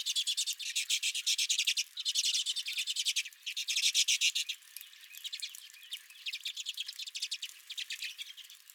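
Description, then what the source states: Redpolls producing rapid rattling trills, a dense run of dry notes, then sparser chatter from a flock. Several redpolls at the recordist's own feeder.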